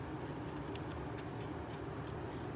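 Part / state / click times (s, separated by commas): battery into the handle compartment of a handheld stabilizer grip / not seated / none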